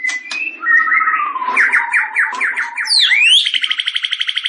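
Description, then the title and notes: White-rumped shama song: varied clear whistles, rising and falling slurred notes in quick series, then a fast repeated chattering phrase at the end. Actively singing (gacor); used for contest-winning birds. "Masteran Murai Yang Di Pakai Semua Burung Juara - Masteran murai Khusus Burung Juara. Murai Batu Gacor"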